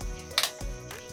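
A plastic dollhouse piece is pressed into the frame of a 1978 Barbie A-Frame Dream House, a 3-foot vintage dollhouse, during assembly. It gives a sharp click at 0.4 s over steady background music. The part snaps into place and is seated.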